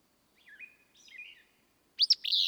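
Willow flycatcher: soft slurred whistles lead into a loud, buzzy two-part Willow flycatcher song at the end.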